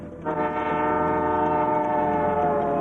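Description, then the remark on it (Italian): A train horn sounds one long, steady, brassy blast that starts a moment in and holds to the end over the low rumble of a moving overnight train running from Moscow to Leningrad. No voices are heard. “Mentre Gordievsky dorme sul treno che da Mosca porta a Leningrado”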